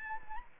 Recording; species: mosquito wingbeat signal from an infrared sensor; Anopheles arabiensis